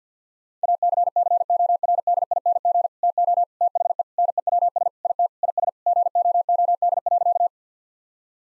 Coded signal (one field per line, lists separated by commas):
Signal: Morse code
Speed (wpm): 50 wpm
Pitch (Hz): 700 Hz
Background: none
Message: ACCORDING TO THE NEWS IT IS GOOD.